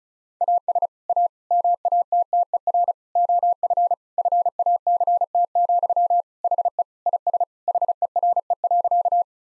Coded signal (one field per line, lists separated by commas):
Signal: Morse code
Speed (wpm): 36 wpm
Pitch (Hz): 700 Hz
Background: none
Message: AS A MATTER OF FACT, HE IS HERE.